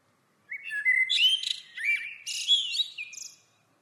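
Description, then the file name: Common blackbird song, one continuous phrase of about three seconds with mellow whistled notes, slides and scratchy high twittering overlaid, in otherwise quiet surroundings. "Turdus merula"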